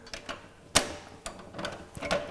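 On an ATEX pneumatic-hydraulic drum tipper (STP01-DRU01-Ex), the lever is pulled to unhook the metal ratchet, and the ratchet handle of the drum band strap is brought all the way around. A sharp, loud metallic click at 0.8 s marks the ratchet clicking open to release the strap tension. Softer mechanical clicks and rattles come before and after it.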